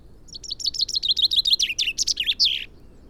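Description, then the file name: Common chaffinch song: a rapid series of sharp descending notes, then louder notes and a brief emphatic flourish, lasting about two and a half seconds. "Fringilla coelebs"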